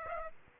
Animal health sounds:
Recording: mosquito wingbeat signal from an infrared sensor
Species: Aedes aegypti

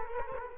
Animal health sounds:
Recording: mosquito wingbeat signal from an infrared sensor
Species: Culex quinquefasciatus

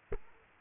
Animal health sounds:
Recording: mosquito wingbeat signal from an infrared sensor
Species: Culex pipiens

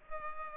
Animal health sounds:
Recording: mosquito wingbeat signal from an infrared sensor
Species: Culex pipiens

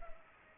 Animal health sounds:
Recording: mosquito wingbeat signal from an infrared sensor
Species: Culex pipiens

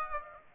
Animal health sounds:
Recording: mosquito wingbeat signal from an infrared sensor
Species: Aedes aegypti

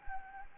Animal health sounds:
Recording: mosquito wingbeat signal from an infrared sensor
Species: Anopheles gambiae

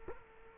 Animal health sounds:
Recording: mosquito wingbeat signal from an infrared sensor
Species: Culex quinquefasciatus

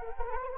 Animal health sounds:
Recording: mosquito wingbeat signal from an infrared sensor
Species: Anopheles arabiensis

